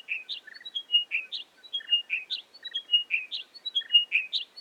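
Chiming wedgebill calling, ringing whistled notes dropping in pitch, each phrase repeated about once a second with short buzzy extras.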